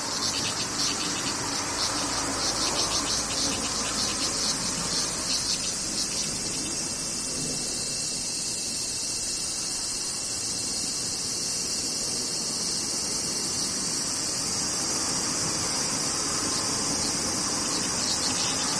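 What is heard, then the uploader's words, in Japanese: Cicadas drone in a dense, steady high buzz throughout, with rapid pulsing calls in the first few seconds over a faint low rumble. 環境音パック７２３－５。セミ。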